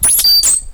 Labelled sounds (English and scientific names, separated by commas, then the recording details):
Stitchbird (Notiomystis cincta) song
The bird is a male
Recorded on Tiritiri Matangi Island, New Zealand, in 2005
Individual 1, of nest box 1